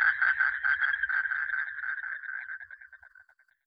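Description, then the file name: Asian common toad trill, rapid pulsed notes that gradually weaken and trail off into silence after about three and a half seconds. "Duttaphrynus melanosticus"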